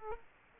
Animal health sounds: mosquito wingbeat signal from an infrared sensor; Aedes aegypti

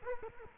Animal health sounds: mosquito wingbeat signal from an infrared sensor; Culex quinquefasciatus

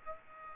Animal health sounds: mosquito wingbeat signal from an infrared sensor; Aedes aegypti

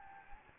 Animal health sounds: mosquito wingbeat signal from an infrared sensor; Anopheles gambiae

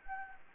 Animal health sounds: mosquito wingbeat signal from an infrared sensor; Anopheles gambiae

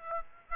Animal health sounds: mosquito wingbeat signal from an infrared sensor; Aedes aegypti

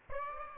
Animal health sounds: mosquito wingbeat signal from an infrared sensor; Aedes aegypti

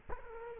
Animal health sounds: mosquito wingbeat signal from an infrared sensor; Culex quinquefasciatus

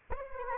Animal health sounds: mosquito wingbeat signal from an infrared sensor; Anopheles arabiensis

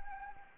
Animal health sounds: mosquito wingbeat signal from an infrared sensor; Anopheles arabiensis

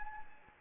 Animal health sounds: mosquito wingbeat signal from an infrared sensor; Anopheles gambiae

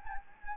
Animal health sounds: mosquito wingbeat signal from an infrared sensor; Anopheles gambiae

